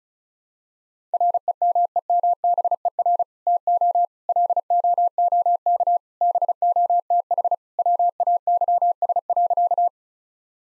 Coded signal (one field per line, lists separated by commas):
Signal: Morse code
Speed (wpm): 36 wpm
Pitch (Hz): 700 Hz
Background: none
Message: REMEMBER TO LOOK BOTH WAYS.